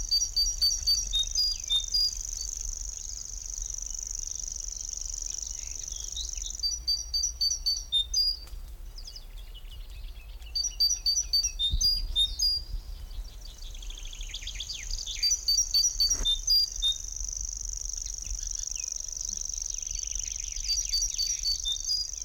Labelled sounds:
Common Grasshopper Warbler song
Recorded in the wild
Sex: male
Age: adult
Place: Kremmen, Brandenburg, DE
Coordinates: 52.76, 13.03
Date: 1995-06-03 11:43
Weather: fair, 18°C
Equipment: Marantz CP 430, Sennheiser ME 80, Kopie Uher 4000 Report Monitor
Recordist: Tembrock, Günter

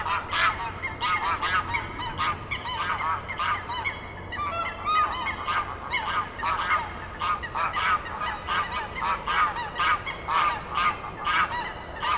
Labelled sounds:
Greylag Goose call
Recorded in the wild
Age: adult
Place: Schönow, Naturpark Barnim, Brandenburg, DE
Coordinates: 52.6808, 13.5025
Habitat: wetland
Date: 2014-03-02
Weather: sunny, 2-3°C, almost no wind
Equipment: Sound Devices 702, Sennheiser MKH 70, Rycote Windschutz
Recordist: Frommolt, Karl-Heinz

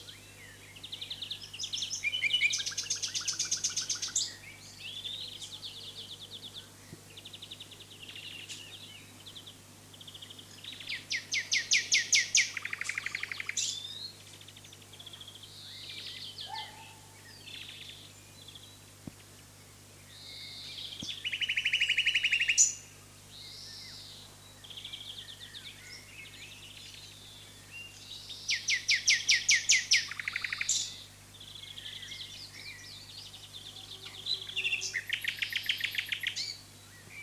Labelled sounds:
Common Nightingale song
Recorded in the wild
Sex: male
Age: adult
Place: Lübars, Berlin, DE
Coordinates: 52.6167, 13.35
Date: 2006-05-13 19:30
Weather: fair, 16°C
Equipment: Grundig CR 110, Sennheiser ME 80, Kopie Uher 4000 Report Monitor
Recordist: Tembrock, Günter

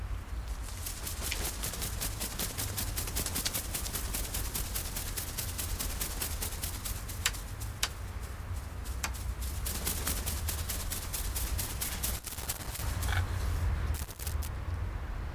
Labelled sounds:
Hyacinth Macaw
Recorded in captivity
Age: adult
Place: Tiergarten Wilhelma/Stuttgart, Baden-Württemberg, DE
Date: 1998-10-02 17:38
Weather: bedeckt, ca. 14°C
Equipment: Sony MD-WM MZ-R3, Sennheiser MKH 416 T, Kopie Uher 4000 Report Monitor
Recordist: Tembrock, Günter

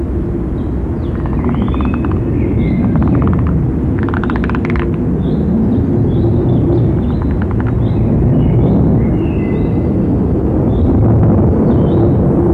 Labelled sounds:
Common Frog call
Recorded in the wild
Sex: male
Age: adult
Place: Malchower Aue, Berlin, DE
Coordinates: 52.5808, 13.4886
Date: 1990-04-01 18:27
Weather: Wassertemperatur: 15,5°C
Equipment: Riporter 6 RG-K, Halbspur, Sennheiser MKH 416 T
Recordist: Frommolt, Karl-Heinz
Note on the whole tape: Balzrufe, gute Aufnahme, jedoch Fahrzeuglärm

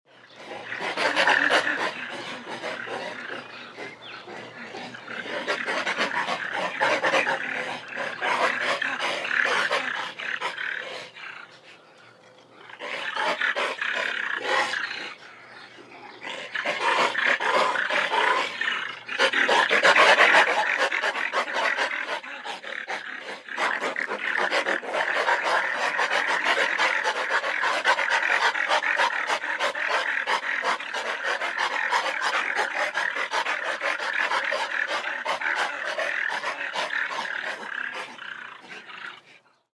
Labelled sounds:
Wolverine
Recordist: Tembrock, Günter
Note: Laute bei Begegnung mit Aufrichten und Pfotenschlagen, ohne Körperkontakt

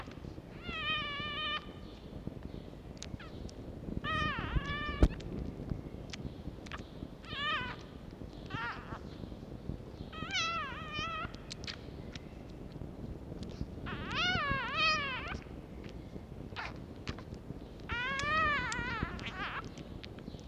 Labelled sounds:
Red Fox
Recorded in captivity
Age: juvenile
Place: Zoologisches Institut der HUB, Berlin, DE
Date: 1952-04-21 11:50
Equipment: Elmetra
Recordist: Tembrock, Günter
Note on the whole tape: Mucki-Welpen: Quärren beim Trinken (mit Schmatzen). Recht gute Aufnahmequalität

